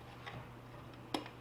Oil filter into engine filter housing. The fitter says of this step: That just kind of, you'll feel it click into place when that little O-ring seats.